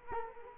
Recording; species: mosquito wingbeat signal from an infrared sensor; Culex quinquefasciatus